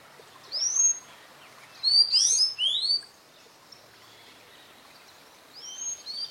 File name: Canto do sanhacu cinzento